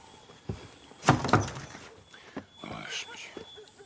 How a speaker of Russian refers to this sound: Гоцман приходит в дом, где живет Нора. Стучит в дверь соседу.